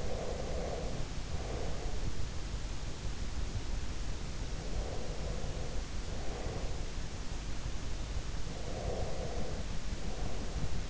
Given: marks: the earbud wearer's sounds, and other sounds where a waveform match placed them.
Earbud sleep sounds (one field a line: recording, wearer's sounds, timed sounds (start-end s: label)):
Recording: sounds in sleep by an in-ear microphone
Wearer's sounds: breath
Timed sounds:
0.00-2.27 s: breath
4.67-7.01 s: breath
8.51-10.90 s: breath